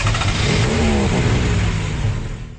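A loud engine roars steadily and revs upward, its low growl rising in pitch about a second in before holding and trailing off slightly at the end. No voices are heard.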